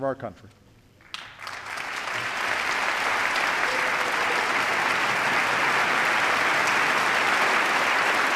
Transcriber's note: applause